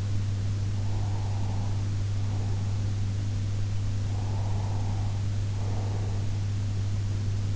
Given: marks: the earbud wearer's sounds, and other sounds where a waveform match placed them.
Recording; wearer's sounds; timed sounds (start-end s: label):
sounds in sleep by an in-ear microphone; breath
0.72-2.95 s: breath
4.06-6.46 s: breath